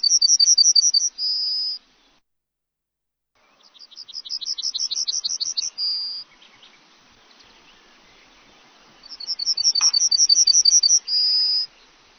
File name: bruant Jaune